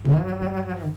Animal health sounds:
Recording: contact call of a hoofed animal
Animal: goat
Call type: low-frequency (closed-mouth) or high-frequency (open-mouth) call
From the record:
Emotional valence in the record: positive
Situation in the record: food anticipation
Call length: 0.97 s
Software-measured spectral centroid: 1120 Hz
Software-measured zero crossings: 760 a second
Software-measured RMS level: -23 dBFS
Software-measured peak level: -12 dBFS

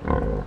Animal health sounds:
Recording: contact call of a hoofed animal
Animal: wild boar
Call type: grunt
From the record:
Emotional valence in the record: negative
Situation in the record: naturally occurring agonistic interactions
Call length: 0.46 s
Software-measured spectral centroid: 790 Hz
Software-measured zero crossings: 690 a second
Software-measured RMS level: -24 dBFS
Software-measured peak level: -8 dBFS

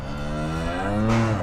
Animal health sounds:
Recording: contact call of a hoofed animal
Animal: cattle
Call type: low-frequency (closed-mouth) or high-frequency (open-mouth) call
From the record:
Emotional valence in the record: negative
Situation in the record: full separation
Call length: 1.43 s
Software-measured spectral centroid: 1610 Hz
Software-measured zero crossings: 1270 a second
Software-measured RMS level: -24 dBFS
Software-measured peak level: -9 dBFS

